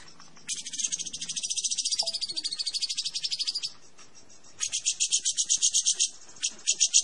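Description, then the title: Grey-cheeked Bulbul song: long bursts of fast, buzzy, high notes, broken by short pauses, with a faint lower whistle. Lively singing. "Suara Burung Cucak Jenggot Gacor Panjang"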